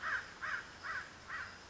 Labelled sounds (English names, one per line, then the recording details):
American Crow
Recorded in Sonoma County, California